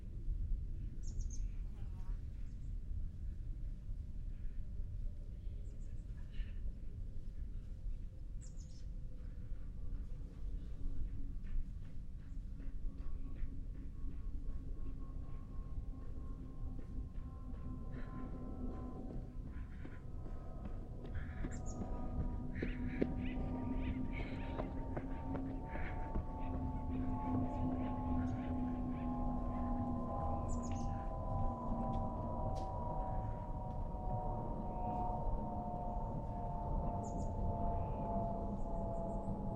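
Outdoor sound at Tilden Regional Park in Orinda, California: a steady low rumble runs throughout, with a long droning tone that slowly falls in pitch from about 18 seconds on, like a passing engine or aircraft. Brief faint chirps and clicks appear scattered over the top.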